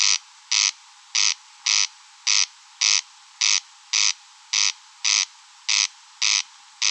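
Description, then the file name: Corn crake call: loud, scratchy crek notes delivered at a very even pace against a quiet background. Recorded at Rønbjerg Enge. "Engsnarre Roenbjerg Enge"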